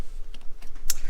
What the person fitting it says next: Hear that click. Everything's in.